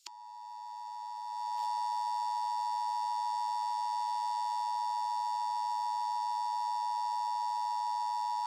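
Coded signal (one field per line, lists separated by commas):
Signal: Emergency Alert System (SAME) tones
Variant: 853 and 960 Hz attention tone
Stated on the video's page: Simulated alert scenario for a fluorine accident.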